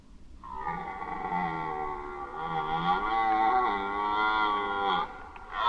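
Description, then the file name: Red deer roaring in a long, throaty bellow lasting nearly five seconds, wavering slightly before breaking off. Recorded during the rut, 2011. "rykowisko 2011"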